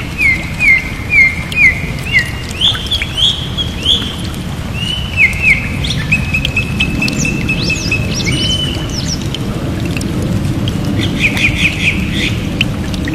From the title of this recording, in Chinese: 雨声行人鸟儿飞机